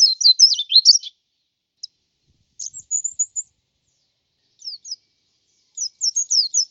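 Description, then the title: White-eye song: short bursts of thin, high twittering notes separated by pauses, ending in another quick twittering run. "Plecir3un. Suara burung pleci"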